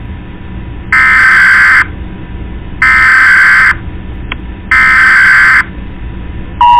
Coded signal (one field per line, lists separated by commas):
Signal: Emergency Alert System (SAME) tones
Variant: header bursts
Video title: EAS MOCK: hijack